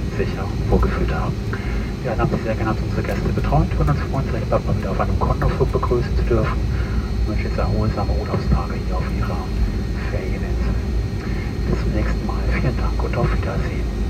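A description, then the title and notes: Inside a passenger jet in flight, a steady low engine roar fills the cabin without letup. Over it, voices talk in short bursts throughout, with brief clinks and small sounds from the cabin scattered through the fourteen seconds. FULL FLIGHT - Boeing 757 Frankfurt to Palma (Condor) - WHITE NOISE.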